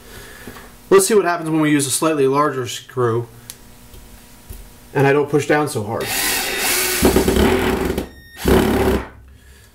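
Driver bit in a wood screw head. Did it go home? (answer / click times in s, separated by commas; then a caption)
no / 8.0 s. A small drill drives a 2-inch screw into soft wood with light downward pressure while someone talks, and the drill whirs from about 6 to 9 seconds. At 8.0 s the driver bit cams out of the screw head with a sharp slip, and the head is stripped.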